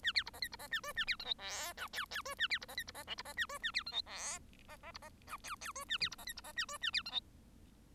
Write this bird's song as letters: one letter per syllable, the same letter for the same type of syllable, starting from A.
A B C D E C D A F A B G H I J K K F A B C D E C D L C D A F A B G H I D D C D J K K F A B C D E C D A F A B G H